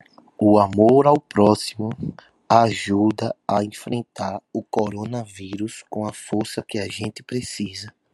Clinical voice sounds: spoken sentence; Brazilian Portuguese; male; 20 to 29 years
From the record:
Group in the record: control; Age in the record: 24 years

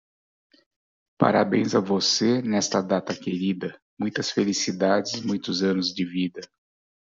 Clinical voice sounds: short text; Brazilian Portuguese; male; 50 to 59 years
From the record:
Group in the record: control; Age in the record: 55 years

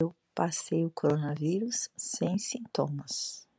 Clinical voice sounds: spoken sentence; Brazilian Portuguese; female; 60 to 69 years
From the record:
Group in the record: control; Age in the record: 61 years

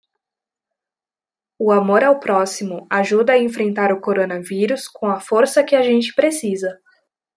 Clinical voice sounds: spoken sentence; Brazilian Portuguese; female; 20 to 29 years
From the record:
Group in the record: control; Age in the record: 20 years

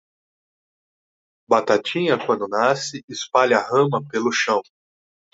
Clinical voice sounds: short text; Brazilian Portuguese; male; 40 to 49 years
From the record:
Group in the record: control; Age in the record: 42 years

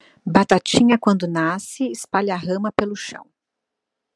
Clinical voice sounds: short text; Brazilian Portuguese; female; 40 to 49 years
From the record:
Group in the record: control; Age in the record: 48 years

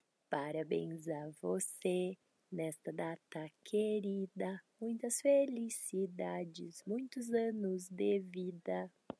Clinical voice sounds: short text; Brazilian Portuguese; female; 20 to 29 years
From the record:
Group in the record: control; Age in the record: 29 years

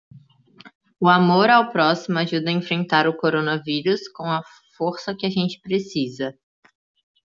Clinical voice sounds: spoken sentence; Brazilian Portuguese; female; 20 to 29 years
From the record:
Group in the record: control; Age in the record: 24 years

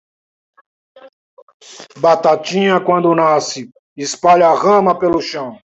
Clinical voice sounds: short text; Brazilian Portuguese; male; 60 to 69 years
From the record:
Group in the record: control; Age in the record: 62 years

